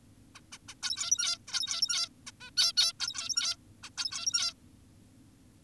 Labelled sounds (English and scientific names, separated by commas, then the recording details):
Zebra Finch (Taeniopygia guttata)
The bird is an adult
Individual g17y2U